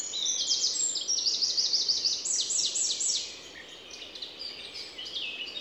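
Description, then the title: Eurasian wren song, fast high trilled phrases over steady background noise, fading after about three seconds into hiss with faint chirps. Recorded at Les Avenières Veyrins-Thuellin, France, with a stereo parabolic microphone and handheld recorder. "Envirhôna, Les Avenières Veyrins-Thuellin, France - Troglodyte mignon"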